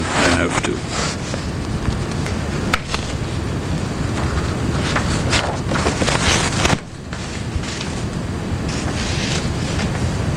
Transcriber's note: papers shuffling